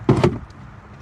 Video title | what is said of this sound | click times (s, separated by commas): Sentra Cabin Air Filter Replacement (2020 - 2024) | on the other side until it releases itself, just like so. | 0.1 s, 0.2 s